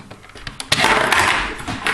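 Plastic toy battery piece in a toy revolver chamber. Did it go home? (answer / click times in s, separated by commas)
released / 0.7 s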